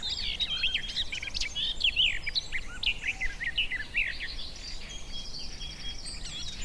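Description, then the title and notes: Garden warbler pouring out an energetic, mellow warble of quick rising and falling notes, softening toward the end. Male singing in spring on a scrubby hillside with hawthorns in bloom; a migrant; described as fluted and rather frenetic; recorded by Fergus Collins. "Sound escape 65: be enchanted by the little-known song of the garden warbler. the scrubby hillside hawthorns burst into bloom. a male garden warbler into his fluted song. Recorded by Fergus Collins"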